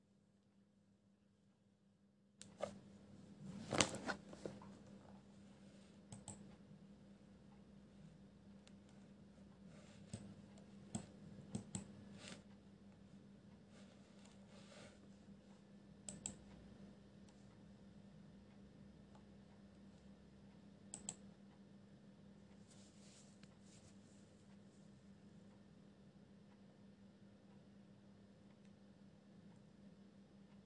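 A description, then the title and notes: Pencil scribbling and soft scratches begin after two seconds, in bursts with a sharp tap near four seconds, over a steady low hum. Pencil ASMR, quiet space, page flipping, scribbles.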